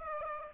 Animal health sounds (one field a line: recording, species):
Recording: mosquito wingbeat signal from an infrared sensor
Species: Aedes aegypti